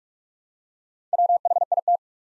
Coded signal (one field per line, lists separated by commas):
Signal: Morse code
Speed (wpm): 44 wpm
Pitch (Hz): 700 Hz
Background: none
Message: WHIT